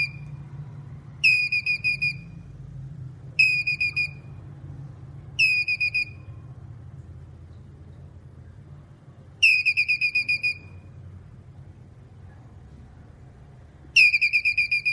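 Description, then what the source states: Squirrel giving six short runs of rapid, shrill pulsed notes at uneven intervals, a continuous low droning hum in the background. Male calling.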